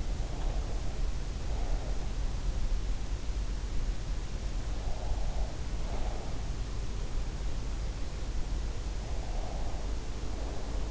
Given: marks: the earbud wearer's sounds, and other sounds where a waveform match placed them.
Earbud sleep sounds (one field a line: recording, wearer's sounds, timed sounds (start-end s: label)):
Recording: sounds in sleep by an in-ear microphone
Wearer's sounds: breath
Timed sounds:
0.00-2.28 s: breath
4.63-6.61 s: breath
9.04-10.91 s: breath